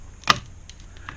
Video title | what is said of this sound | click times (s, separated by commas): ARE YOUR FRONT DOORS SAFE? Deadlatch Demonstration | one is an eighth of an inch higher up and allows the plunger to engage and you can hear the two clicks | 0.3 s, 1.1 s